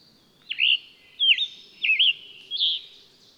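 Bird song of four loud whistled phrases, each with a sharp downward dip and a warbled twist, repeated about every two-thirds of a second.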